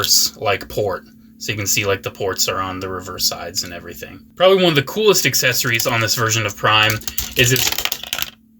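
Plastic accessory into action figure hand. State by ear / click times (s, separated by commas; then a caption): not seated / none. A plastic accessory is fitted into the hand of a plastic Revenge of the Fallen Leader Class Optimus Prime action figure while someone talks. Near the end, a quick cluster of light rattling plastic taps is heard as the part is placed. Nothing clicks into place, and the accessory just rests loosely in the hand.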